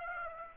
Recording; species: mosquito wingbeat signal from an infrared sensor; Aedes aegypti